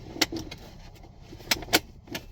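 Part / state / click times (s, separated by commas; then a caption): seat belt lock-off on a rotating child car seat / seated / 0.2 s, 1.5 s. After routing and tucking the vehicle seat belt, someone pushes the plastic lock-off or tensioner on the base of an Evenflo 360 rotating child car seat down until it clicks. Sharp clicks come at 0.2 s and 1.5 s, with further short snaps around 0.4 s, 1.8 s and 2.2 s. The lock-off ends seated.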